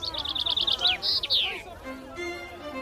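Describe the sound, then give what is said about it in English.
A finch in a singing competition, where its songs are counted over an hour, sings a quick, high-pitched trill of repeated chirps that speeds up, then breaks into a few downward-sweeping notes before fading into a faint, low murmur. “And the finch singing competition, where you have to count which bird sings its song the most times during the course of an hour.”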